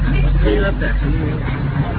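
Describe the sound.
A generator engine runs with a steady, loud low drone, its rumbling hum and faint harmonic buzz holding constant throughout, with a murmur of voices blended underneath.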